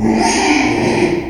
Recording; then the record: squeal of a Yucatan mini pig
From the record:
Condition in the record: after surgery on the right vocal fold (resection and tissue-engineered implant); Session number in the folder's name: 2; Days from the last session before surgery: 13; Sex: male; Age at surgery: 12 weeks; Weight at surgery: 13 kg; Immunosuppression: cyclosporine, prednisolone